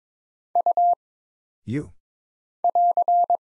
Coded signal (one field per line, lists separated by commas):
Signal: Morse code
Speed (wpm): 22 wpm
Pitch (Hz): 700 Hz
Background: none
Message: U <AR>